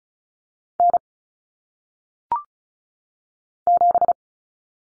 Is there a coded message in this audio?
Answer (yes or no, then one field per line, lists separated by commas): yes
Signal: Morse code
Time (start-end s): 0.8-4.1 s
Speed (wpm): 36 wpm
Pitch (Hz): 700 Hz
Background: none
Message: N 7